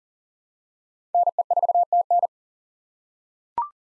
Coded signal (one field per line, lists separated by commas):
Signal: Morse code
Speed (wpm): 40 wpm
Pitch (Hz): 700 Hz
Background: none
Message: NE4TN